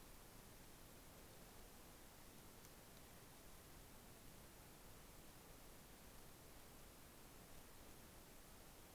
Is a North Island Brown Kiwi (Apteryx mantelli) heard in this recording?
no